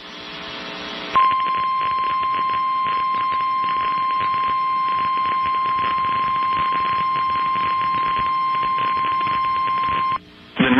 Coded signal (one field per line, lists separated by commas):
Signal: Emergency Alert System (SAME) tones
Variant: 1050 Hz attention tone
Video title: MONTGOMERY COUNTY... EAS Alerts From 5/8/24 5/9/24 (EAS#1,034 - #1,058)